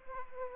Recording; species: mosquito wingbeat signal from an infrared sensor; Aedes aegypti